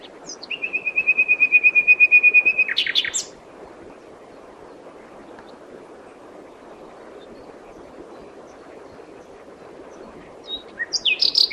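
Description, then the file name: Common nightingale delivering a long, steady series of fast repeated pulses on one pitch, ending in a sharp flourish; another phrase starts after a long pause. "Luscinia megarhynchos"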